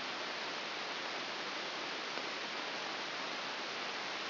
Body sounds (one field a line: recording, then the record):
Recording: brain microelectrode recording played as sound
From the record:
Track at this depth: inside the subthalamic nucleus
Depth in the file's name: 1.6 mm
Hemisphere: left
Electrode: 2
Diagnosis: Parkinson's disease